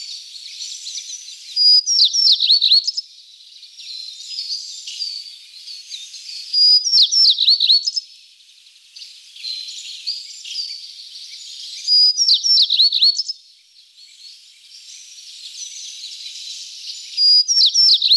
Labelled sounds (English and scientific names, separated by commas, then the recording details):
Tristram's Bunting (Emberiza tristrami) song
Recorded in the wild
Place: Khekhsir Schutzgebiet, Khekhtsirskiy Gosudarstvennyi Prirodnyi Zakaznik, RU
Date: 1994-05-26
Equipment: Dat-Recorder Casio DA 7, Telinga DAT, Telinga-Parabolspiegel
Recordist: Schwarz, Dieter
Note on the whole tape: Song